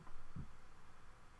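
A single short, loud, low-pitched jolt sounds about midway through, against a quiet room hum. It is one hiccup from an adult: an abrupt, involuntary catch of breath with the throat snapping shut.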